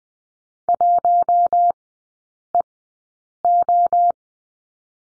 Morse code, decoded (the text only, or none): 1EO